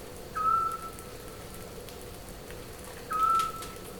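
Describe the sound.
Scops owl whistling two brief, clear, level notes nearly three seconds apart against quiet crackling background noise.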